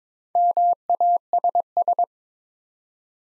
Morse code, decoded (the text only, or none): MASS